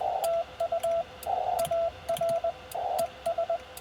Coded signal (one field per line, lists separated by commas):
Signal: Morse code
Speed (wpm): 19 wpm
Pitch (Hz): 670 Hz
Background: radio noise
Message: TU AR ES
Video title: CW POTA-Activation US-11644